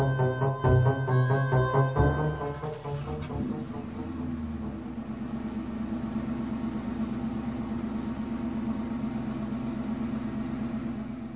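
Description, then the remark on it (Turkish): A truck engine runs with a steady, low, rumbling drone. Tonal sounds open the first few seconds, then the engine noise continues evenly to the end, with no voices. “Buralarda nitro taşıyan kamyonlara iyi gözle bakmazlar.”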